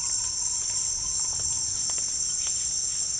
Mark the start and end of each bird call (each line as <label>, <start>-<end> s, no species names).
bird call, 0.00-1.68 s